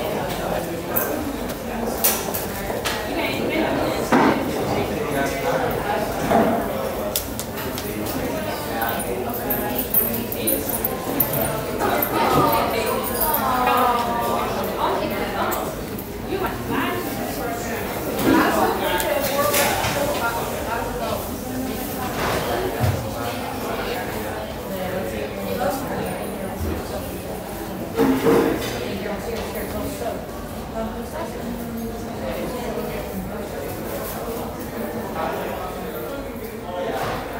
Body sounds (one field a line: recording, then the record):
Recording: background sound without coughing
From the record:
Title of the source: 40 min - Ambience sounds UNIVERSITY lunchroom chatting